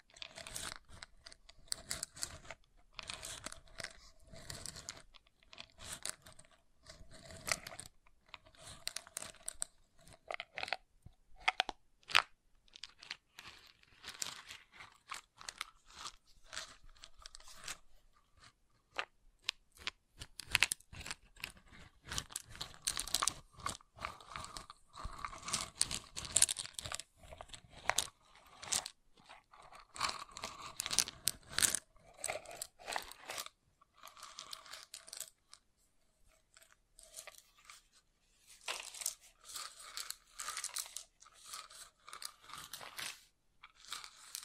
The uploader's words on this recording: ASMR Calming Wood Triggers for Sleep (No Talking).